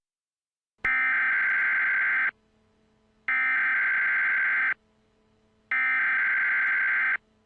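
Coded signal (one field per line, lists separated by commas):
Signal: Emergency Alert System (SAME) tones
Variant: header bursts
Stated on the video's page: Fictional EAS scenario; the tones are not from a real alert.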